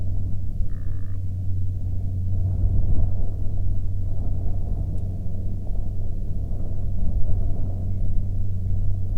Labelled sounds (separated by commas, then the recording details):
wind, aircraft
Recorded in the Prudhoe Bay oil fields, Alaska, on 13 May 2019 at 12:21
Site 14